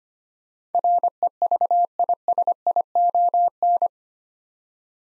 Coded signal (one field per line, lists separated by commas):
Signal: Morse code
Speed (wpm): 25 wpm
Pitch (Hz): 700 Hz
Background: none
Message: REVISION